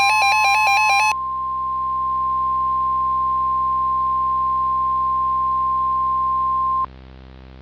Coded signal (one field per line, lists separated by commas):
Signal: Emergency Alert System (SAME) tones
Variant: 1050 Hz attention tone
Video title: Some random EAS mock